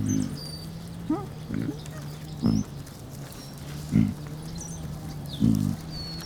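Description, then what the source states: Pig grunts: six short throaty grunts at irregular gaps, a steady low hum beneath and light bird chirps above. Piglets hanging out together.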